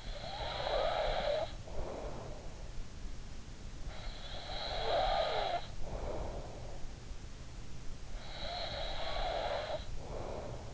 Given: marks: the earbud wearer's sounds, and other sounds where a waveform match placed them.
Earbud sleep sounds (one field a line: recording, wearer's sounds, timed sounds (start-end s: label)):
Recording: sounds in sleep by an in-ear microphone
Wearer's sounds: breath, snoring breath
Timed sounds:
0.00-2.57 s: breath
4.00-6.66 s: snoring breath
8.32-10.74 s: snoring breath